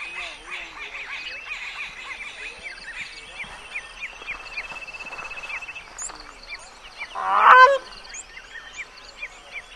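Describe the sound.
Bird call: one brief loud honk late, over a steady background of chirping and twittering birds.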